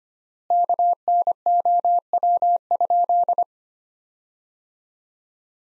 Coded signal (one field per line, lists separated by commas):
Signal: Morse code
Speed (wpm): 25 wpm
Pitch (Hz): 700 Hz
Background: none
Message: KNOW?